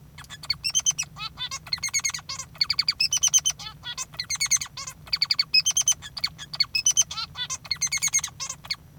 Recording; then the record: song of a male Bengalese finch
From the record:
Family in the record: father 3